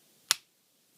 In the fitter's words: Press it till you hear the click,